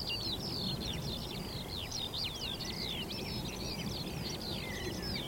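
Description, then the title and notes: Eurasian skylark song, dense and unbroken, with quick warbling chirps and short rising and falling whistles from more than one bird, above constant low background noise. Chorus of skylarks rising from young barley and singing ever higher, open field on the northern edge of the Cotswolds, South Warwickshire, under cloudy sky. "Sound Escape: Skylarks ascending over a field of barley. We're on the northern edge of the Cotswolds in South Warwickshire – a vast open field of young barley stretches to the horizon. Quietly at first, then all of a rush, a hidden chorus of skylarks rises from the vegetation, singing exultantly"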